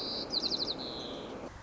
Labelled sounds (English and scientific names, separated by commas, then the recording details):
White-crowned Sparrow (Zonotrichia leucophrys)
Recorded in Sonoma County, California